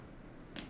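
A leg of a lighting C-stand that seemed stuck and would not click is worked against its base over a low, steady background. A short, sharp click sounds at 0.6 s as the leg locks into place.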